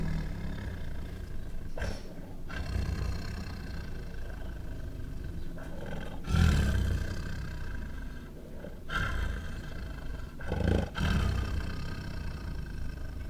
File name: White Tiger at Zoo Makes Angry Growls, Snarls, Snores and Roars [Sound Ideas]